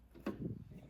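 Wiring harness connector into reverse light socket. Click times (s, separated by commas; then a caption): 0.3 s. On a Ford F-150, the wiring harness plug is aligned and pushed into the reverse light bulb socket until it snaps. A single sharp click at 0.3 s is followed by lower rumbling handling noise. The connector seats.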